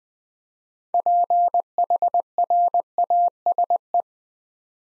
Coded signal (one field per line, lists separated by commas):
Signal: Morse code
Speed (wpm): 20 wpm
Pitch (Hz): 700 Hz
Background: none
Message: PHRASE